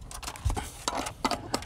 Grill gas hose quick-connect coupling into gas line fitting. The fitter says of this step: And that is a connection made to snap right into here.